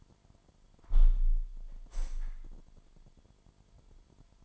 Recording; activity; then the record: daily activity, microphone in the room; close window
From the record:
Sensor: 5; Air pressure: 998.0 hPa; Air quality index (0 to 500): 98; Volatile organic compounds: 2 ppm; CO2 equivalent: 1118 ppm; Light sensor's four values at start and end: 27/65/27/29 and 27/65/27/29